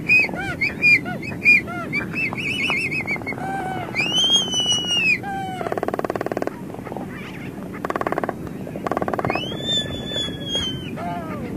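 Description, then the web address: Laysan albatross calls: nasal whistled notes, sweeping arcs and wheezy groans, mixed with rapid bill-clattering bursts and a rough low background noise. "Songs of Birds of North America Stokes. Laysan Albatross"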